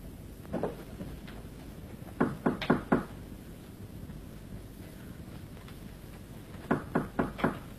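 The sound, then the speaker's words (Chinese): Knocking on a door in a Chinese opera drama, a brother knocking at his younger sister's door and asking her to open it: one lone rap, then two quick bursts of about four sharp knocks each, set against a steady low rumbling hiss with no voices. “妹妹，妹妹，你开门呢？”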